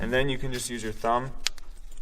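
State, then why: Released. Someone talks while using a thumb to unlatch a plastic electrical connector on a diesel engine sensor of a 2022 Ram 3500 6.7 Cummins, after its secondary lock tab has been pressed out. The connector's latch lets go with a sharp click at 1.6 s, followed by fainter ticks, and the connector is released and pulled off.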